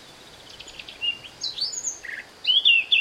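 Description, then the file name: Eurasian blackcap song: soft scratchy twittering that gives way to louder clear whistled phrases, including a bright fluted ending, over a light hiss. "Sylvia atricapilla"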